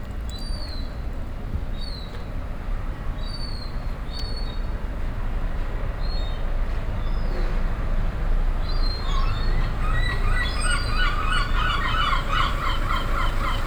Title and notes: Capadosestraat,busje,meeuw. een busje wacht, een zeemeeuw met z'n jong